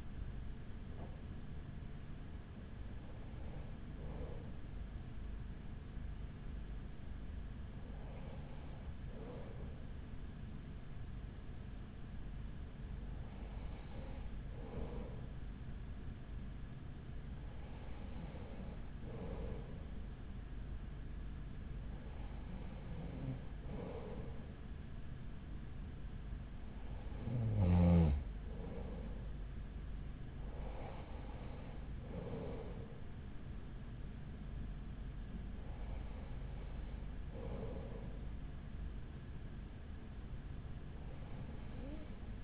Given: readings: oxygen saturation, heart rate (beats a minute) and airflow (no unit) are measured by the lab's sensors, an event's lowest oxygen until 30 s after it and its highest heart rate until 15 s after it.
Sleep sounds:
breathing in sleep by a smartphone at the bedside; none
none scored
From the record:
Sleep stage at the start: N2 (light sleep); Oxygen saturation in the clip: 94 to 96%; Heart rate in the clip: 43 to 49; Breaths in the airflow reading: 8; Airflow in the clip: -5.0 to 4.4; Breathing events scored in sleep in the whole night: 207 in 7.6 hours asleep

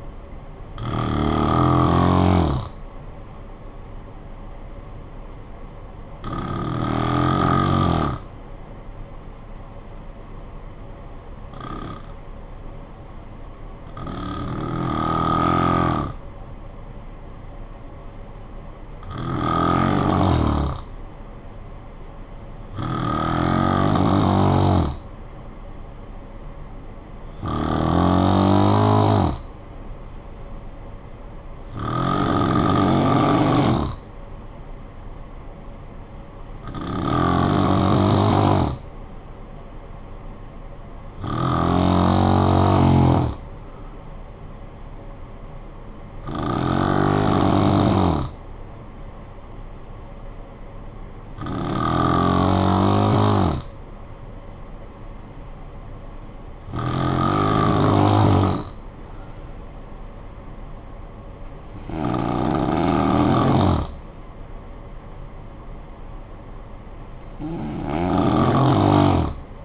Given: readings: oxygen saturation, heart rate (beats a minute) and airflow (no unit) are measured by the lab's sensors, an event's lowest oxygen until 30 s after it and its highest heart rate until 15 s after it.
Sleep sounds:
breathing in sleep by a smartphone at the bedside; 1
11.00-25.10 s: hypopnea (N1, oxygen 95% highest, then 90% lowest, heart rate 56 at the start, 59 highest)
57.00-69.65 s: new sleep stage, N2 (light sleep)
From the record:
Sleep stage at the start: N1 (lightest sleep); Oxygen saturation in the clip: 90 to 95%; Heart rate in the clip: 51 to 61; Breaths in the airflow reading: 15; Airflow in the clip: -8.9 to 5.7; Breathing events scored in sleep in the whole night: 445 in 7.6 hours asleep

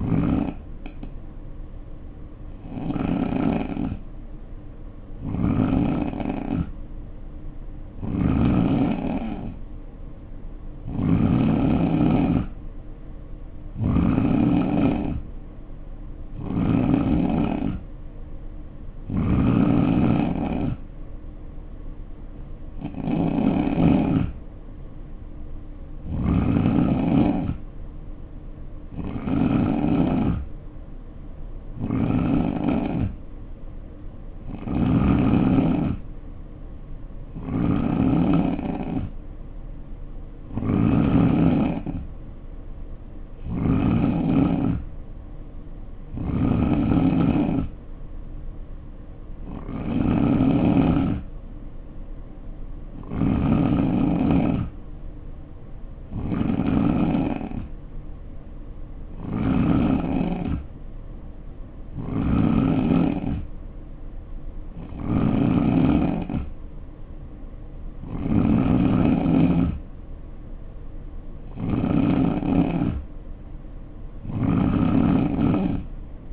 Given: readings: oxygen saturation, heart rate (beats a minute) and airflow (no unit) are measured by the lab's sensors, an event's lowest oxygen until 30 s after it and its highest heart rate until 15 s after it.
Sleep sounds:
breathing in sleep by a smartphone at the bedside; 1
5.00-17.00 s: hypopnea (N3, oxygen 90% highest, then 86% lowest, heart rate 62 at the start, 69 highest)
From the record:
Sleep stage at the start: N3 (deep sleep); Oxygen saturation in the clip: 86 to 90%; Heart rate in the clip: 61 to 71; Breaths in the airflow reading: 26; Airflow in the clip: -4.1 to 2.9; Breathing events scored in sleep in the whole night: 520 in 7.2 hours asleep

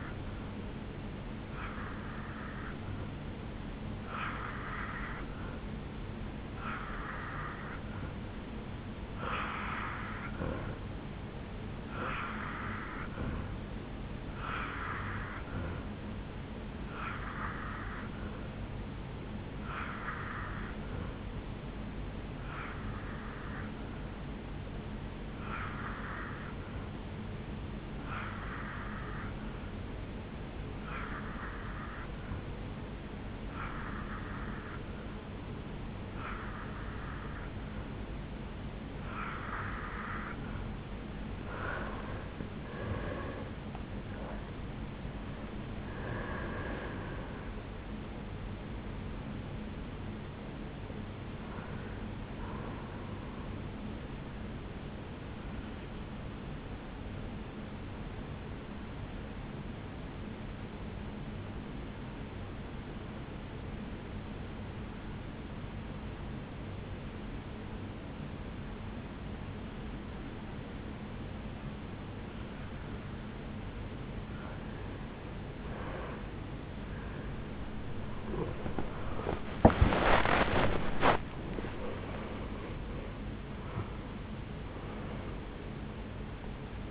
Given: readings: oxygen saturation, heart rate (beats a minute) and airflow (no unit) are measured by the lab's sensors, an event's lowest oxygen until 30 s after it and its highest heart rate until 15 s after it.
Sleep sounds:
breathing in sleep by a voice recorder at the bedside; 2
17.00-42.00 s: hypopnea (N2, oxygen 89% highest, then 86% lowest, heart rate 77 at the start, 79 highest)
34.00-64.00 s: new sleep stage, N1 (lightest sleep)
59.00-75.40 s: hypopnea (N1, oxygen 96% highest, then 89% lowest, heart rate 65 at the start, 83 highest)
64.00-86.91 s: new sleep stage, awake
74.00-86.91 s: awake
From the record:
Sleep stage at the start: N2 (light sleep); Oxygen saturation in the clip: 84 to 96%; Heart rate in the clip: 63 to 83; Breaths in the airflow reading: 20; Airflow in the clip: -10.9 to 9.7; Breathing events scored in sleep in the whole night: 449 in 7.0 hours asleep

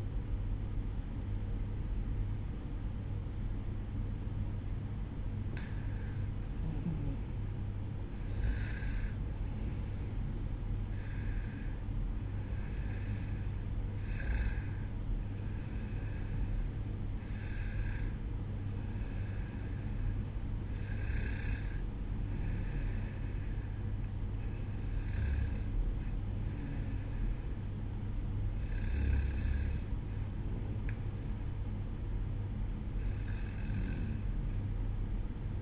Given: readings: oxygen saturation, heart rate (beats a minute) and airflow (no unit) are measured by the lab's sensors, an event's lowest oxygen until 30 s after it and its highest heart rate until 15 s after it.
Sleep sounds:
breathing in sleep by a smartphone at the bedside; none
none scored
From the record:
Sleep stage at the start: N1 (lightest sleep); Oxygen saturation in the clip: 90 to 95%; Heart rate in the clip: 61 to 69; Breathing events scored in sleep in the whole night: 305 in 9.6 hours asleep

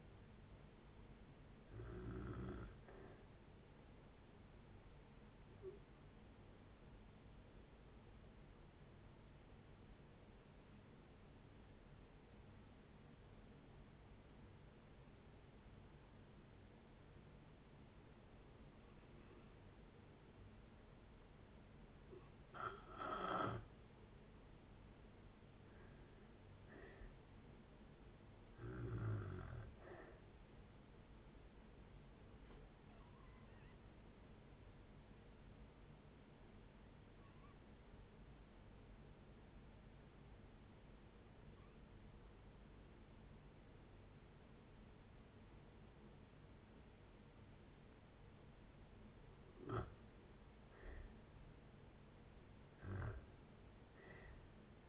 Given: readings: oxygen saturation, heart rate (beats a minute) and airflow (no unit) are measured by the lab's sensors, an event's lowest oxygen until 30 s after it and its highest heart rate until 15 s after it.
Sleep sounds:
breathing in sleep by a voice recorder at the bedside; 2
5.00-22.60 s: hypopnea (N2, oxygen 95% highest, then 86% lowest, heart rate 62 at the start, 69 highest)
34.00-50.90 s: hypopnea (N2, oxygen 94% highest, then 85% lowest, heart rate 63 at the start, 71 highest)
From the record:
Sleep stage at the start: N2 (light sleep); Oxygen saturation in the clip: 82 to 95%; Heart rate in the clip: 55 to 71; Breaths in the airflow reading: 12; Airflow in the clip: -6.9 to 7.8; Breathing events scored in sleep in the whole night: 496 in 5.4 hours asleep

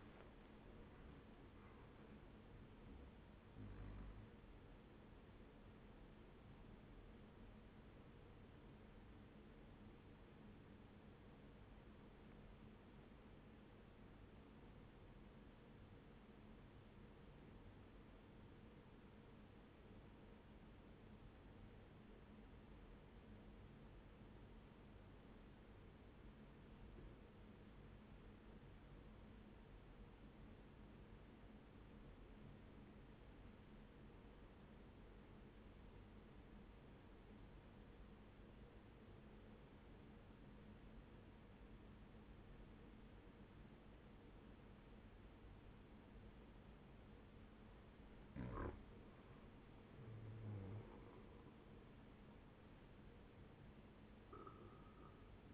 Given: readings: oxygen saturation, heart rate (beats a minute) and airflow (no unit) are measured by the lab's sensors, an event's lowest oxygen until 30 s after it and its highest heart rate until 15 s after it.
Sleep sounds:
breathing in sleep by a voice recorder at the bedside; 1
8.00-47.30 s: obstructive apnea (N1, oxygen 99% highest, then 93% lowest, heart rate 74 at the start, 77 highest)
From the record:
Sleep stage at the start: N1 (lightest sleep); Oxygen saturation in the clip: 93 to 99%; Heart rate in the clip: 60 to 86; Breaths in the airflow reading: 2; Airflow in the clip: -8.3 to 9.2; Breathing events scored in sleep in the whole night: 131 in 7.2 hours asleep

